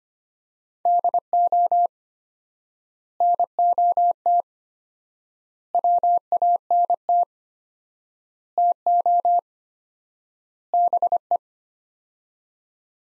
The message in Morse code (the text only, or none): DO NOT WANT TO BE